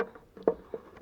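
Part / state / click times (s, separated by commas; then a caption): dual-filament tail light bulb into lamp socket / seated / 0.0 s, 0.5 s. A replacement dual-filament brake/tail light bulb with side tabs is pushed into its socket in the plastic light housing, then rotated into place. It gives sharp clicks at 0.0 s and 0.5 s, with smaller taps between and after. The bulb seats in the socket without trouble.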